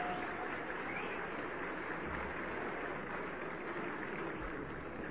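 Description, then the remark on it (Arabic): An audience applauds a singer and his band as the curtain opens at Cinema Qasr El Nil, 12-04-1956, with steady, dense clapping that holds at an even level throughout, a continuous crackling wash with no pauses and no voices on top. “فتح الآن الستار وظهر … ومن ورائه فرقته الموسيقية، وأخذ الجمهور يحيي الفنان العربي الأصيل وهو يبادل الجمهور تحية بتحية فينحني له.”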